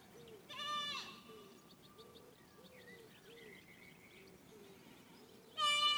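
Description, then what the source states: Goat kid bleats once, a brief quavering cry, then again at the end, with soft repeated chirping notes and low hiss between. Young goat kid, recorded at Vori, Karidi, Crete, on 23 May 2018, with an external microphone.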